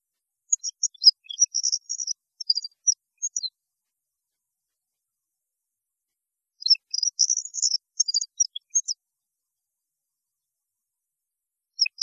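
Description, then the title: European goldfinch singing two separate bursts of rapid, high twittering chirps, with about three seconds of quiet between them, and a few notes starting at the end. "Chant Chardonneret"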